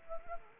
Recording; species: mosquito wingbeat signal from an infrared sensor; Anopheles arabiensis